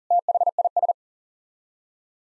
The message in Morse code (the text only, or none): THIS